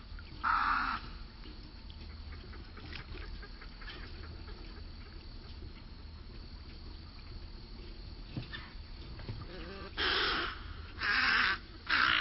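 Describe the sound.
Snowy egret giving short, harsh, raspy croaks: one near the start, then three in quick succession near the end, with a quiet background between them.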